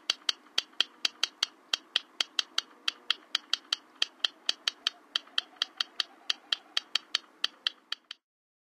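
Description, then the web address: Yellow rail clicking call, a long run of hard dry ticks in loose groups, steady for eight seconds before stopping abruptly. "Songs of Birds of North America Western USA Songbirds. Yellow Rail"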